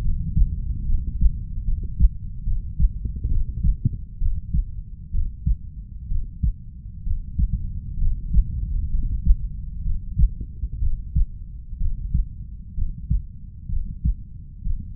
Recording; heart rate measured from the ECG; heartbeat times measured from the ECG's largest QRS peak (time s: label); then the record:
heart sounds by stethoscope; 66 bpm
0.01 s: heartbeat
0.86 s: heartbeat
1.64 s: heartbeat
2.44 s: heartbeat
3.28 s: heartbeat
4.18 s: heartbeat
5.11 s: heartbeat
6.08 s: heartbeat
7.03 s: heartbeat
7.98 s: heartbeat
8.90 s: heartbeat
9.82 s: heartbeat
10.79 s: heartbeat
11.78 s: heartbeat
12.74 s: heartbeat
13.69 s: heartbeat
14.63 s: heartbeat
From the record:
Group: healthy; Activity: rest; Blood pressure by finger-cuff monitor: 122/61 mmHg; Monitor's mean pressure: 77 mmHg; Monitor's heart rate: 64 bpm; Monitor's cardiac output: 5.8 L/min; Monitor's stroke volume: 89 mL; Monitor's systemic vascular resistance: 970 dyn s/cm5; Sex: female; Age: 32 years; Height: 168 cm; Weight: 61.9 kg